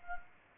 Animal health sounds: mosquito wingbeat signal from an infrared sensor; Anopheles gambiae

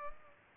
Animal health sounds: mosquito wingbeat signal from an infrared sensor; Culex pipiens

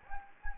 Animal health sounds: mosquito wingbeat signal from an infrared sensor; Anopheles gambiae

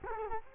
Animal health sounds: mosquito wingbeat signal from an infrared sensor; Culex quinquefasciatus

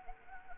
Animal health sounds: mosquito wingbeat signal from an infrared sensor; Anopheles arabiensis

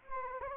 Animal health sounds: mosquito wingbeat signal from an infrared sensor; Anopheles gambiae

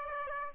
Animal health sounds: mosquito wingbeat signal from an infrared sensor; Aedes aegypti

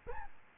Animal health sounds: mosquito wingbeat signal from an infrared sensor; Aedes albopictus

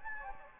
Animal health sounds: mosquito wingbeat signal from an infrared sensor; Anopheles gambiae

